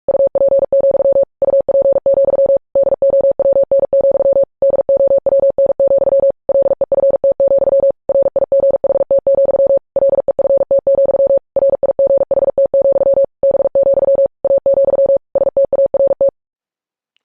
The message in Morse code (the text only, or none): UP, UP, DOWN, DOWN, LEFT, RIGHT, LEFT, RIGHT, B, A, START